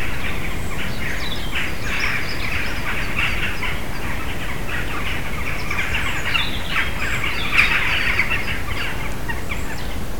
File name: Jackdaws (Coloeus monedula) calling - Bærum, Norway 2021-04-03